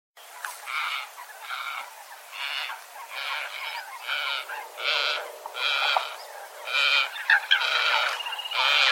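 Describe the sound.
Bird calls, a series of harsh, nasal notes repeated roughly once a second, each note with stacked tones, getting slightly louder toward the end.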